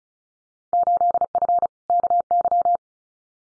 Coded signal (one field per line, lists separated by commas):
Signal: Morse code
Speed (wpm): 34 wpm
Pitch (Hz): 700 Hz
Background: none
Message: 8F KY